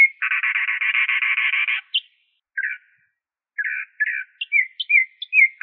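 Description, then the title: Bird song opening with a long buzzy run of rapid harmonic notes, then scattered short buzzy notes and quick squeaky whistles after a pause. "LuckyPassaros CompletosSama"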